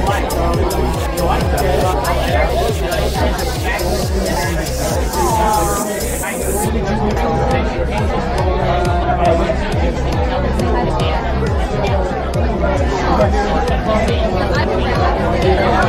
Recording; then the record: background sound without coughing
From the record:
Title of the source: Nightlife Party Simulating Party Club Noise 1 Hour